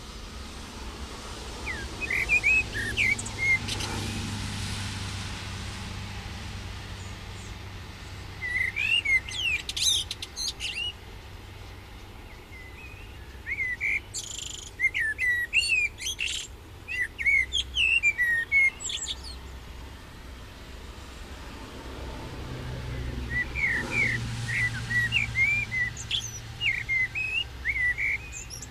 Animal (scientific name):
Turdus merula